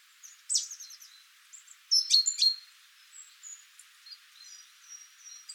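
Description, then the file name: Great tit calls: two groups of sharp, ringing chirps, then faint thin high notes trailing off against a light hiss. "Parus major"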